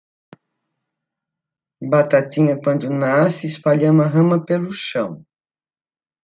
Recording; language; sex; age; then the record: short text; Brazilian Portuguese; female; 70 to 79 years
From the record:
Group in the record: control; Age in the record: 71 years